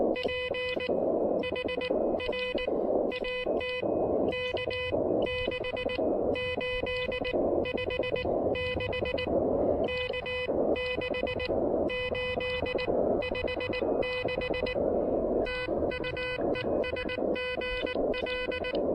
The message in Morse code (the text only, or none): PHR AT K6856 K6856 TU ES GL